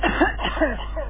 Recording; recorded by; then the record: voluntary cough; telephone call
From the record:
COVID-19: positive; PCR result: checked with the laboratory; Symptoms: no